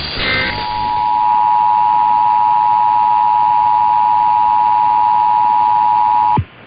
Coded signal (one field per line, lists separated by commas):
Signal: Emergency Alert System (SAME) tones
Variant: 853 and 960 Hz attention tone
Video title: San Francisco & Sacramento Monthly Tests (EAS #1350-#1352)￼